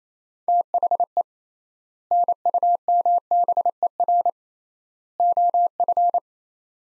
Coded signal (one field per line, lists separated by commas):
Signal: Morse code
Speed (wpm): 28 wpm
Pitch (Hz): 700 Hz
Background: none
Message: THE NUMBER OF